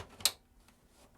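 A plastic front bezel is pressed onto the chassis of a 2002 IBM NetVista desktop computer. A faint tick at 0.2 s leads into a sharp, bright snap at 0.3 s, followed by a quieter tick near 0.7 s. The front panel snaps into place and is seated on the case.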